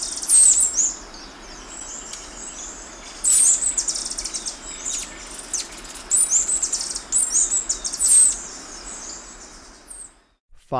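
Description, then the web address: Andean emerald calling in repeated bouts of very high, sharp squeaky chips and twitters, with brief pauses between them, ending with a short low sweeping sound. Ecuador. "Birds of Ecuador. Andean Emerald"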